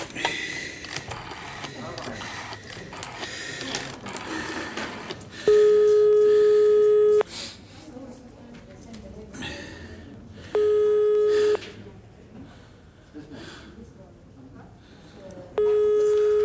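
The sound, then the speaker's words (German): A telephone is dialed with rattling mechanical clicks, then a steady ringing tone sounds three times in long, evenly spaced bursts, with no one picking up. “Niemand da. Oder ob sie nur nicht abhob.”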